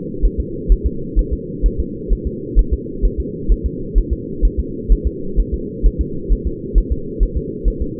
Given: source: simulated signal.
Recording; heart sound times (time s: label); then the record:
fetal heart sounds
0.25 s: S1
0.40 s: S2
0.72 s: S1
0.87 s: S2
1.19 s: S1
1.33 s: S2
1.66 s: S1
1.80 s: S2
2.12 s: S1
2.27 s: S2
2.59 s: S1
2.73 s: S2
3.05 s: S1
3.20 s: S2
3.52 s: S1
3.66 s: S2
3.98 s: S1
4.13 s: S2
4.45 s: S1
4.60 s: S2
4.92 s: S1
5.07 s: S2
5.40 s: S1
5.54 s: S2
5.86 s: S1
6.01 s: S2
6.32 s: S1
6.47 s: S2
6.78 s: S1
6.92 s: S2
7.23 s: S1
7.37 s: S2
7.68 s: S1
7.82 s: S2
From the record:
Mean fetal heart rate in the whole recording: 130 bpm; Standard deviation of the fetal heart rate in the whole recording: 2 bpm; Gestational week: 36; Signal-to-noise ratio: -4.3 dB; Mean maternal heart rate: 72 bpm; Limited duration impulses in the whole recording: absent